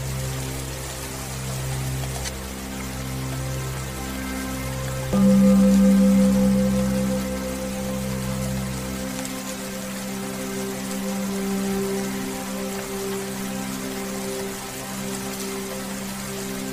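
Soft, sustained meditation music glides through low, held tones that swell around five seconds, with a brighter note entering near eleven seconds. Steady rain patters underneath as a fine, even hiss across the whole stretch, and the deep bass drone drops away after nine seconds.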